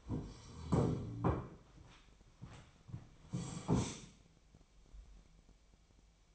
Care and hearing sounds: daily activity, microphone in the room; sit down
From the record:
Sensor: 1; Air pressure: 1007.9 hPa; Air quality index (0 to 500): 193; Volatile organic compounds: 18 ppm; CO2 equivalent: 2610 ppm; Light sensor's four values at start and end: 13/32/13/14 and 13/33/13/14

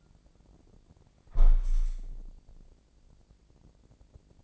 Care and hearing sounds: daily activity, microphone in the room; close window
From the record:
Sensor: 5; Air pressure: 1012.4 hPa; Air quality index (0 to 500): 160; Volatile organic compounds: 2 ppm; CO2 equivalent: 1088 ppm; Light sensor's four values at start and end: 67/162/66/70 and 67/162/66/70

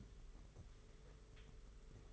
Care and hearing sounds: daily activity, microphone in the room; take from stove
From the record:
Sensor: 4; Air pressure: 991.9 hPa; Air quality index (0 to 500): 85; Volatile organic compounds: 6 ppm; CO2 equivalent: 1931 ppm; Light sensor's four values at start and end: 21/75/27/29 and 21/75/27/29

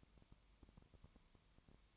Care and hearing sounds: daily activity, microphone in the room; no activity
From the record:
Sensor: 3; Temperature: 20.5 degrees Celsius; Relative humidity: 32.9%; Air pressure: 1003.2 hPa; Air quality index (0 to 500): 105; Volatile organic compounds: 2 ppm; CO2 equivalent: 1068 ppm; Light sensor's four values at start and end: 2/3/2/2 and 2/3/2/2

